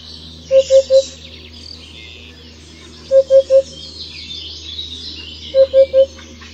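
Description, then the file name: Eurasian hoopoe song: soft, low hollow hoots in triplets, 'oop-oop-oop', repeated about every two and a half seconds, with higher bird chatter faintly behind. "Dudek"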